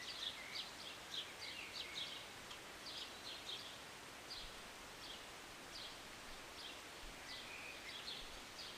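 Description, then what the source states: Birds give clusters of high chirps early, then sparser single notes, with steady rain hiss throughout. Birds singing and chirping on a Sunday morning during short rain, heard from a city balcony.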